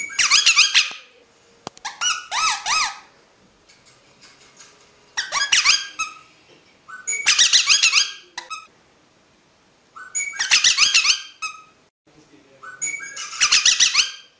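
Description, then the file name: Rosella giving loud bursts of buzzy, whistled twittering separated by short pauses. "Canto da Rosela"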